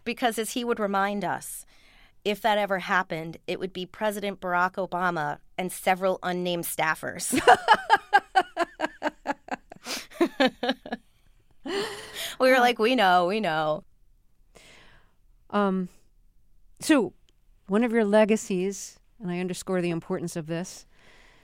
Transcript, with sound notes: because as he would remind us, if that ever happened, it would be President Barack Obama and several unnamed staffers.
(Laughter).
We were like, we know, we know.
So one of your legacies - I underscore the importance of this,